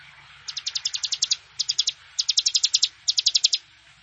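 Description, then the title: Plain prinia song: four quick bursts of high, buzzy, evenly pulsed notes of varying length, with brief pauses between them and a faint low rumble beneath. "Ciblek Sawah"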